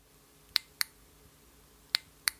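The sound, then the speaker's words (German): Four sharp, bright clicks in two pairs, each a quick snap with no voices around them, made by pressing and releasing the push button of a small programmable microcontroller that glows blue. “Es klackt einfach nur.”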